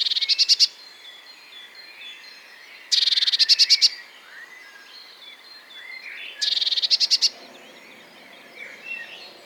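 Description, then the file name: Eurasian blue tit singing short fast trills of high notes, three bursts roughly every three seconds, with other birds chirping quietly in the background. "blaumeise gesang nabu lars lachmann"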